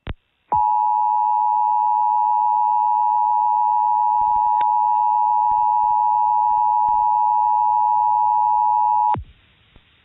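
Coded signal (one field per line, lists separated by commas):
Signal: Emergency Alert System (SAME) tones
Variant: 853 and 960 Hz attention tone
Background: music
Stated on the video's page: Indiana required monthly test from an FM station, received on an Icom R-15; recording compressed the audio.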